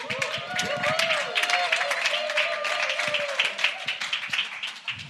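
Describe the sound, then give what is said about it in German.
A crowd applauds steadily for about five seconds, dense clapping at an even loudness, with a few sustained voices or cheers rising faintly through the noise. “Gebt ihr mal einen Applaus.”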